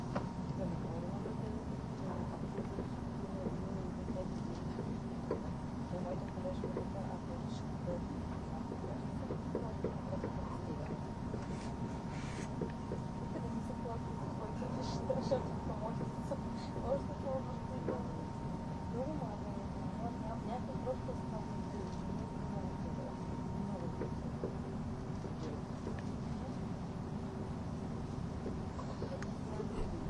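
A train runs on the Gotthard route with a steady, dense low rumble that holds for the full half minute. A thin sustained tone sits over it until around 24 seconds, and faint voices and small clicks surface now and then.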